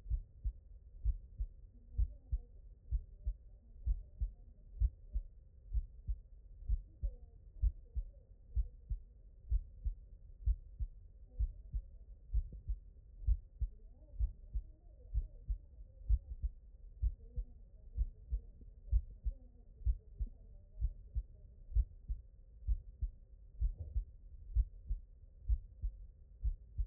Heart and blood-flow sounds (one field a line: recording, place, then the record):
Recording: heart sounds by stethoscope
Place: mitral valve (MV)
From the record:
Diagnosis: non-HFrEF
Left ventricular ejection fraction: 59%